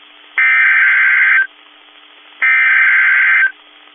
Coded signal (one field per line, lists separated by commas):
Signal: Emergency Alert System (SAME) tones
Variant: header bursts